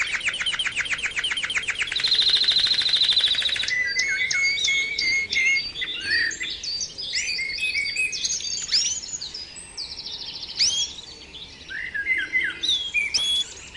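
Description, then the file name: Canary song opening with a very rapid rattling trill, then a run of varied chirped and whistled phrases with quick repeated syllables. Canary 'terapi' (therapy) song recording used for training birds. "kenari terapi omkicau"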